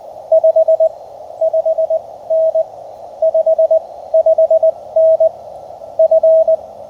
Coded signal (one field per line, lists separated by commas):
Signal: Morse code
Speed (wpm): 18 wpm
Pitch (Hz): 590 Hz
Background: radio noise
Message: 5 5N 55N F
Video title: October Portable Field Radio Kit Challenge POTA CW Morse Code Ham Radio Steve Weber MTR practice